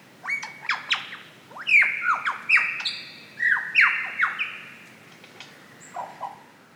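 Lyrebird song: a rapid, varied run of loud whistled notes, many sliding downward, overlapping and changing pitch, fading into a few softer notes at the end.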